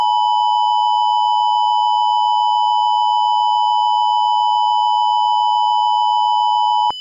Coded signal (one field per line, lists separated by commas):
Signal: Emergency Alert System (SAME) tones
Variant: 853 and 960 Hz attention tone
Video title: EAS MOCK | The Day the EAS System We're Hacked Part 3. Xfinity X1 Trilithic Screen test.